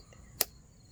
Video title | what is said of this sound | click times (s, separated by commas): LOKITHOR AW401 Jump Starter Air Compressor Pressure Washer Review | y heard that click sound and it is | 0.4 s